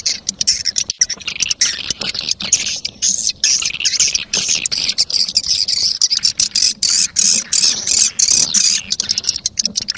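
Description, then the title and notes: Swiftlets giving a continuous chatter of high clicking chirps, fast and irregular. Sound used in swiftlet farming in Asia. "Swiflet Bird Sound. Farming Swiflet Bird asia sound"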